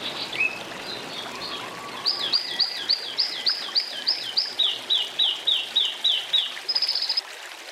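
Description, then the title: Oriental magpie-robin song: a few varied notes, then quick steady series of repeated slurred whistles that switch to a different note type partway through, ending on a harsher note. "Kicau Kacer"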